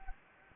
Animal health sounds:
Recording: mosquito wingbeat signal from an infrared sensor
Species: Anopheles gambiae

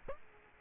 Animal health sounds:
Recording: mosquito wingbeat signal from an infrared sensor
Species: Aedes aegypti

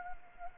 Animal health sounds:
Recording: mosquito wingbeat signal from an infrared sensor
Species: Anopheles arabiensis

